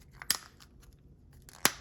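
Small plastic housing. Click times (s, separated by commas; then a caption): 0.3 s, 1.7 s. During a battery replacement on a Chevy/GMC key fob, the other plastic half is pressed onto the fob body and snaps together. A light tap is followed by a sharp plastic snap at 0.3 s, then another faint tap and a second snap at 1.7 s. The fob halves are seated together.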